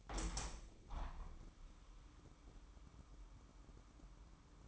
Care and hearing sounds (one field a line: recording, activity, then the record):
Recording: daily activity, microphone in the room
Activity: open window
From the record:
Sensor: 1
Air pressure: 998.0 hPa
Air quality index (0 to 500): 136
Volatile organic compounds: 4 ppm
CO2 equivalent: 1622 ppm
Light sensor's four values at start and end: 16/55/22/22 and 17/55/22/22